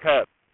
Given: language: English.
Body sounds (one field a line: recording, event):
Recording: throat vibration sensor signal played as sound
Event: speech